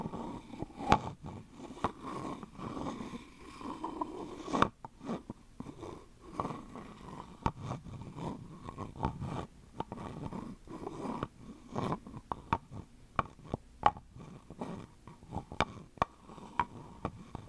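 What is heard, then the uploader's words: Tapping and scratching on wood and cork, with irregular sharp taps clustering densely, a soft rustly scraping bed between them, and louder knocks near five seconds. ASMR Wooden And Cork Triggers (tapping & scratching).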